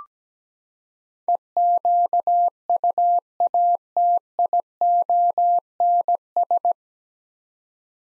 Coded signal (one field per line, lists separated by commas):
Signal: Morse code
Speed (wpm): 17 wpm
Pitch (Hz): 700 Hz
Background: none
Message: EQUATIONS